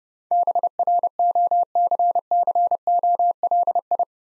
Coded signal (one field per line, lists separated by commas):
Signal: Morse code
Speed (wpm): 32 wpm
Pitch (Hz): 700 Hz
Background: none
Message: BROCCOLI